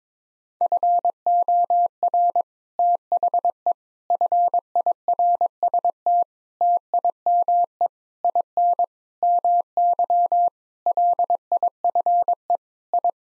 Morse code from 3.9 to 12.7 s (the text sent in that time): FIRST TIME IN MY LIFE